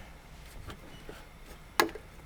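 A plastic headlight trim clip on a BMW is pressed into its slot beside the headlight, after the top clip has already been seated. Faint handling noise is followed by a single sharp, loud snap at 1.8 s as the clip seats home.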